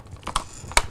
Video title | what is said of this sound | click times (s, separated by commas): LIVE: PC Build w/ Paul & Dr. Doug! | here are the little satisfying clicks of the ram drop | 0.4 s, 0.8 s